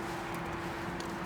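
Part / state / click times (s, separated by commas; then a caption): monitor cable connector into mating harness connector / not seated / none. A black monitor cable connector for a Rosen AV7900 dual DVD system is handled next to its mating black harness connector under a vehicle seat, where it is meant to plug in snug and click into place. Only a steady hum with a low tone and broadband noise is heard, with no sharp sounds. Nothing has seated or clicked yet.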